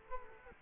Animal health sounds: mosquito wingbeat signal from an infrared sensor; Culex quinquefasciatus

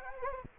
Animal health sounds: mosquito wingbeat signal from an infrared sensor; Anopheles gambiae

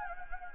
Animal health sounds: mosquito wingbeat signal from an infrared sensor; Anopheles gambiae

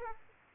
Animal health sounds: mosquito wingbeat signal from an infrared sensor; Aedes aegypti

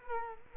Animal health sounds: mosquito wingbeat signal from an infrared sensor; Culex quinquefasciatus

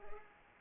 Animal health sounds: mosquito wingbeat signal from an infrared sensor; Culex pipiens

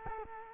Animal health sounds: mosquito wingbeat signal from an infrared sensor; Culex quinquefasciatus

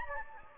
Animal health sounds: mosquito wingbeat signal from an infrared sensor; Anopheles gambiae

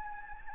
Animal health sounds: mosquito wingbeat signal from an infrared sensor; Anopheles gambiae

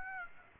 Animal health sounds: mosquito wingbeat signal from an infrared sensor; Aedes aegypti

